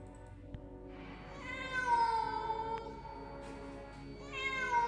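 A cat meows in the distance, one long, drawn-out wavering cry followed by a second, shorter meow starting at the end, both fairly faint against a quiet background.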